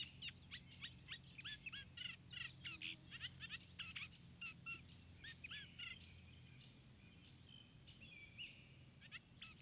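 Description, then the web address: Eurasian reed warbler song, a long run of chattering, scratchy notes repeated in irregular short phrases, with a low steady rumble underneath. Recorded on 13 June 2015. "fagelljud 20150613 rorsangare"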